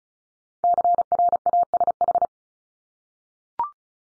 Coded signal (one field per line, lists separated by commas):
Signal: Morse code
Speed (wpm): 36 wpm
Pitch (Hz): 700 Hz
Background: none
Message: CRASH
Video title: Multi-letter Phonemes 35wpm